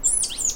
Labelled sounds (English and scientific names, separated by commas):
Stitchbird (Notiomystis cincta) song